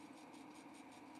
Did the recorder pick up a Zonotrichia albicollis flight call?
no